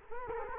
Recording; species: mosquito wingbeat signal from an infrared sensor; Culex quinquefasciatus